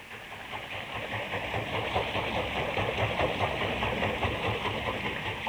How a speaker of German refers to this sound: Ein Haus direkt am Bach. Sein munter fließendes Wasser dreht ein großes, hölzernes Rad. Drinnen im Haus treibt die Achse einen Mühlstein an. Eine Wassermühle.